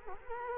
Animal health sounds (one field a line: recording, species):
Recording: mosquito wingbeat signal from an infrared sensor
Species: Culex quinquefasciatus